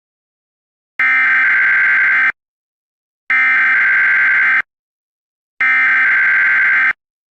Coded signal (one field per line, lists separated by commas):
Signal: Emergency Alert System (SAME) tones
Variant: header bursts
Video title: EAS Scenario #16: ISIS Nightmare